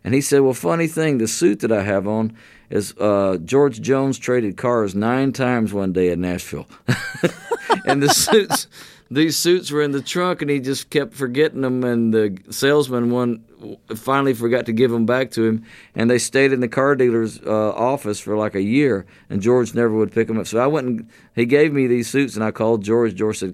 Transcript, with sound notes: And he said, well, funny thing - the suit that I have on is - George Jones traded cars nine times one day in Nashville.
(LAUGHTER)
And the suits - these suits were in the trunk, and he just kept forgetting them and the salesman - one finally forgot to give them back to him. And they stayed in the car dealer's office for like a year, and George never would pick them up. So I went and - he gave me these suits, and I called George.